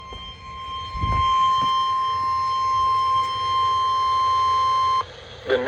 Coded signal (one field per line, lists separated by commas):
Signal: Emergency Alert System (SAME) tones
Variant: 1050 Hz attention tone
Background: speech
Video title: Severe Thunderstorm Warning (EAS 2935) 5/2/25